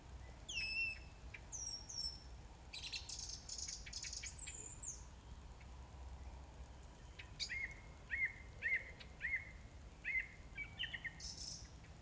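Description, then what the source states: Song thrush: songbird giving thin high whistles and scratchy notes, then a short whistled figure repeated five times, fairly quiet against steady background hiss. Recorded on 4 May 2021 at 20:35.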